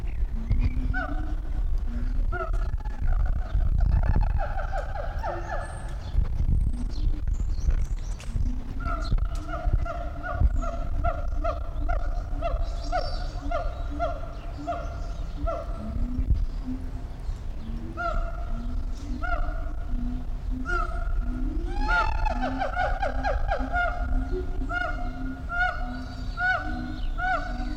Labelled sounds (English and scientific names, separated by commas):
Siamang (Symphalangus syndactylus)